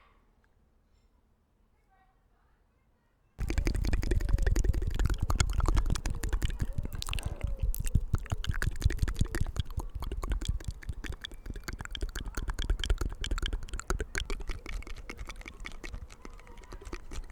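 Mouth and hand sounds that begin abruptly after about three seconds of near silence. A dense, rapid stream of clicks, taps and rustles follows, like fast typing, with a low rumbling body that stays busy to the end.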